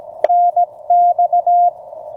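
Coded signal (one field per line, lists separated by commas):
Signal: Morse code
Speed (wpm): 16 wpm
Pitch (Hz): 700 Hz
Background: none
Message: NX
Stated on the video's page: CW POTA activation from a state park, offered as call-sign copy practice.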